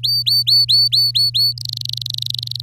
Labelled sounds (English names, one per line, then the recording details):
Domestic Canary song
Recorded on 8 May 2018 at 05:45
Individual llb16